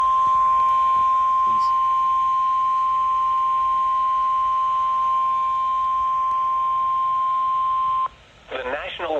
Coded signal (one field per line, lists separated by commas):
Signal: Emergency Alert System (SAME) tones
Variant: 1050 Hz attention tone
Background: speech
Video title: (EAS #486) Tornado Warning for Stephenson, Illinois